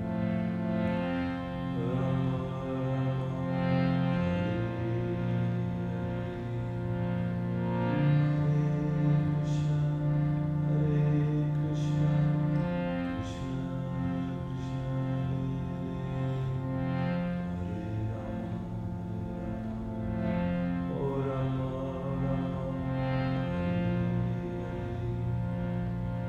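Sustained harmonium-like tones hold steady chords, shifting to new pitches every few seconds, with a strong low drone underneath. A few brief bright bell strikes ring out around the middle. The level stays even throughout.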